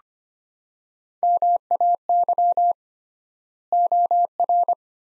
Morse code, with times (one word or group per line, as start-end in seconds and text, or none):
1.2-2.7 MAY
3.7-4.7 OR